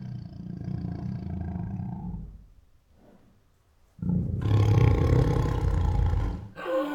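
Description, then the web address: Tiger growls low and steadily, falls quiet briefly, then bursts into a louder, harsher growl ending in a short snarl. Female tiger making many protective growls. "Sound Ideas Tigers Sound Effects"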